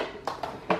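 While reassembling a Polishop Ultra Wind Smart 30 cm VPS-30 fan after cleaning, a hand presses a plastic grille retaining clip that had not engaged into the fan's grille rim. Two lighter taps come at about 0.3 and 0.4 seconds, then a sharp, loudest snap at 0.7 seconds. The clip seats and the grille is fully closed.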